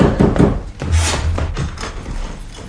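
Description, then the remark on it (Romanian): Several irregular knocks on a door by a father, dull and wooden, ring out over a low, steady background rumble with no voices. “Seniore, tatăl meu bate la ușă.”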